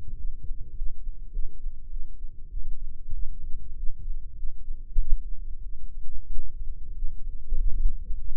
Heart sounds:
heart sounds by microphone in the right ear; 98 bpm
0.16 s: heartbeat
0.74 s: heartbeat
1.31 s: heartbeat
1.89 s: heartbeat
2.49 s: heartbeat
3.12 s: heartbeat
3.75 s: heartbeat
4.35 s: heartbeat
4.96 s: heartbeat
5.61 s: heartbeat
6.28 s: heartbeat
6.94 s: heartbeat
7.55 s: heartbeat
8.14 s: heartbeat
From the record:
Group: healthy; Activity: rest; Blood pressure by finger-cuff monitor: 126/94 mmHg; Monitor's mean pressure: 104 mmHg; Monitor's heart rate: 98 bpm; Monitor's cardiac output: 6.5 L/min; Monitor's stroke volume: 65 mL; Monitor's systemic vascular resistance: 1200 dyn s/cm5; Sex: male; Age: 21 years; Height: 180 cm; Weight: 67.5 kg

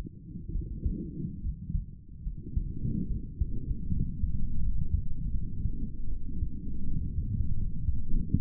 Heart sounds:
heart sounds by stethoscope; 77 bpm
0.53 s: heartbeat
1.42 s: heartbeat
2.24 s: heartbeat
3.08 s: heartbeat
3.91 s: heartbeat
4.61 s: heartbeat
5.32 s: heartbeat
6.09 s: heartbeat
6.85 s: heartbeat
7.55 s: heartbeat
8.32 s: heartbeat
From the record:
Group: healthy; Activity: rest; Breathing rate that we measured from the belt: 24 breaths a minute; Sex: female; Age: 22 years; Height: 160 cm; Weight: 63 kg

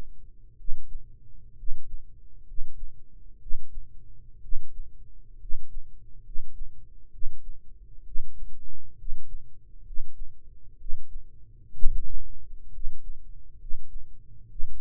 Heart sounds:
heart sounds by microphone in the right ear; 65 bpm
0.54 s: heartbeat
1.53 s: heartbeat
2.42 s: heartbeat
3.36 s: heartbeat
4.38 s: heartbeat
5.35 s: heartbeat
6.19 s: heartbeat
7.07 s: heartbeat
8.01 s: heartbeat
8.93 s: heartbeat
9.80 s: heartbeat
10.74 s: heartbeat
11.73 s: heartbeat
12.68 s: heartbeat
13.54 s: heartbeat
14.45 s: heartbeat
From the record:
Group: healthy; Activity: cold pressor test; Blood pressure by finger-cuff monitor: 110/59 mmHg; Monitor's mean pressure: 70 mmHg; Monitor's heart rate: 65 bpm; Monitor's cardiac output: 7 L/min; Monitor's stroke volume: 108 mL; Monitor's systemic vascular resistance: 700 dyn s/cm5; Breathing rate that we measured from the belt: 16 breaths a minute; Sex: male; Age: 22 years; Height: 185 cm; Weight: 112.4 kg

